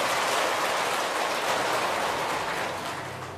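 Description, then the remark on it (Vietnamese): An audience at a Buddhist retreat applauds for the venerable lecturing monk in a dense, steady wash of clapping that holds for a few seconds and begins to taper off slightly at the end, with no voices. “Xin quý vị dành những tràng pháo tay và chú ý lắng nghe.”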